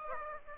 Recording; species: mosquito wingbeat signal from an infrared sensor; Aedes aegypti